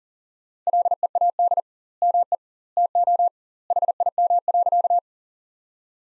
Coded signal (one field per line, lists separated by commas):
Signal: Morse code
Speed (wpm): 40 wpm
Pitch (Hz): 700 Hz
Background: none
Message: LEAD ME TO HIM.